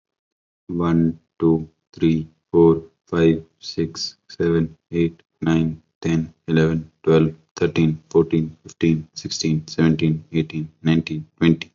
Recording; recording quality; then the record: counting at a normal pace; excellent, no background noise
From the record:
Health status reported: healthy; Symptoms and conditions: none ticked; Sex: male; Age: 22 years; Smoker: not ticked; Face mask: not worn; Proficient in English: yes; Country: India